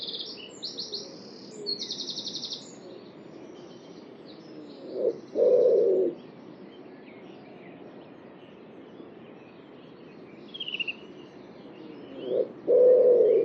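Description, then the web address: Bird calls: short buzzy pulsed high notes near the start, then two loud, low, short calls, one after five seconds and one near the end, over steady background noise. "cianscape birddata Deverinetal 2025 Bird Only"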